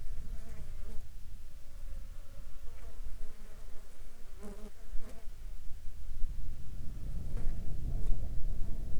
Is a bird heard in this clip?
no